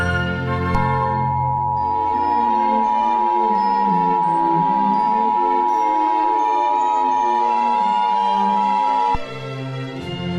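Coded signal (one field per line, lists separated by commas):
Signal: Emergency Alert System (SAME) tones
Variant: 853 and 960 Hz attention tone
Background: music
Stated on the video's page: Fictional EAS scenario about World War 3.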